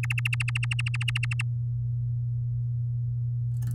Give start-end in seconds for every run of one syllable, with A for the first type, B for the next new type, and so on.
0.03-1.42 A